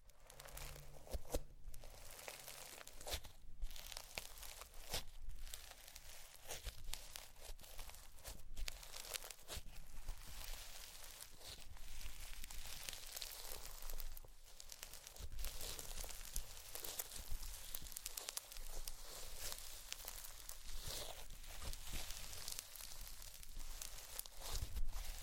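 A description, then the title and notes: Slime being handled and squeezed, a dense run of wet crackles, pops and crinkly squelches that goes on without a break for the whole stretch. The sounds are bright and hissy with frequent sharp clicks, and the level stays fairly even throughout. ASMR SLIME! 5 Satisfying Slimes.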